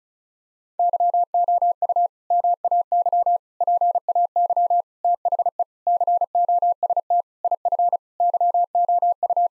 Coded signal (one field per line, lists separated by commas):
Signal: Morse code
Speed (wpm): 34 wpm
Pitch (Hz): 700 Hz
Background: none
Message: YOU MAY PAY THE COST IF YOU